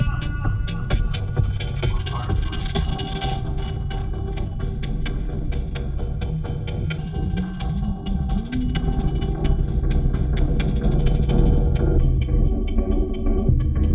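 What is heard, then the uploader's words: Dense, churning noise with sharp percussive clicks scattered throughout, a heavy low rumble underneath, and a slight swell in loudness after twelve seconds. Here is some noise shaped with a dynamics envelope. Noise shaped with a dynamics envelope. It turned out quite percussive.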